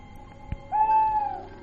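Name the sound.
owl screeching loudly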